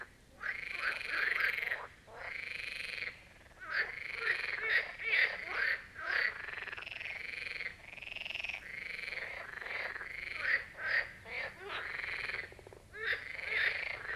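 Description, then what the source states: Steady marsh frog chorus, many rattling, pulsed croaks overlapping and repeating quickly throughout, with only brief lulls. Chorus of marsh frogs at the Birkensee in Schönbuch, Germany, recorded on one of the first hot summer days of 2023.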